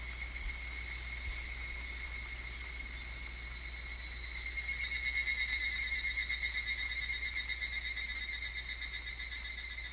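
Higurashi cicada song: steady high ringing, then halfway through a louder rapidly pulsed trill swells and repeats about four times a second before easing off.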